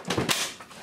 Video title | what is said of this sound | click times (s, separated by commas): Installing Windows 7 on my PC (Part 1) | and there you have it clicks right into place | 0.3 s